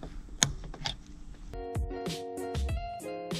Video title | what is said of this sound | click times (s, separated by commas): 2022 Kia Telluride LX Cross Bars Install | again tighten the swing bolt tighten the pitch bolt until you hear them click do it evenly | 0.4 s